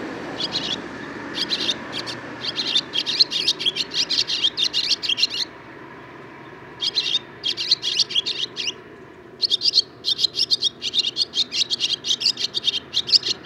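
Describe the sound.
Barn swallow song: sustained fast twittering of buzzy, scratchy chirps in long runs with two short pauses.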